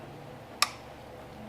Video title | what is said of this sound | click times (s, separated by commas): Porsche 911/996TT Turbo Acc. Belt Change DIY How-To! | cuz there's a little snap | 0.6 s